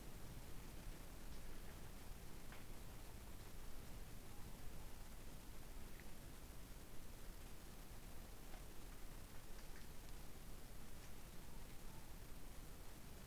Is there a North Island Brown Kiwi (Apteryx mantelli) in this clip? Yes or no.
no